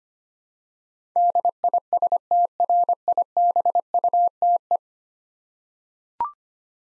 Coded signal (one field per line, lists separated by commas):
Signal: Morse code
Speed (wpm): 25 wpm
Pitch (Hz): 700 Hz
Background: none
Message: DISTRIBUTE